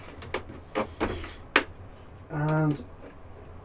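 The plastic upper superstructure section of a Titanic scale model is pressed down into the model's hull, giving sharp clicks at 0.3 s and 1.6 s as it goes in. Someone talks briefly, and the section ends up properly seated in the hull.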